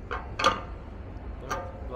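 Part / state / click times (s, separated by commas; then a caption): detachable tow ball in its hitch receiver / released / 0.4 s. A detachable tow ball is removed from its locking socket in the hitch receiver. The lock releases with a sharp click at 0.4 s, between a softer tick at 0.1 s and another at 1.5 s, against a low background rumble. The tow ball comes out easily.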